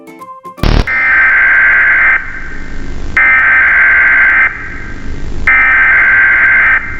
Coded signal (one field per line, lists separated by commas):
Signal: Emergency Alert System (SAME) tones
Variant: header bursts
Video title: 1/8/1995 11:00:00 EMERGENCY ALERT SYSTEM